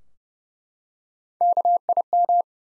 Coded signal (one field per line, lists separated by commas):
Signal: Morse code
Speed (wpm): 30 wpm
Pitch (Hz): 700 Hz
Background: none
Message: KIM